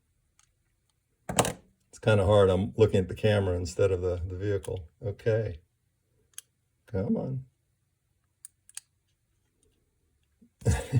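Someone talks while pushing a small Delrin plastic snap-on bearing, held in needle-nose pliers, onto the bare metal axle of a die-cast toy car. Only faint pliers and handling clicks are heard, and the bearing has not snapped on yet.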